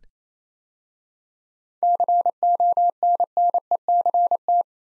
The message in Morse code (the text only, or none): CONNECT